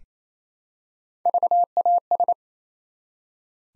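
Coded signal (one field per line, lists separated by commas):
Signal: Morse code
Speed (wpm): 27 wpm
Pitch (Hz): 700 Hz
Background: none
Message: VAS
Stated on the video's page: Practice set building 4-letter words one letter at a time, sent at 28 wpm.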